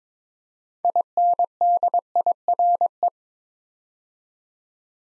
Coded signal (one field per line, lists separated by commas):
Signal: Morse code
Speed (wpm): 22 wpm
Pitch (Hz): 700 Hz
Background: none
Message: INDIRE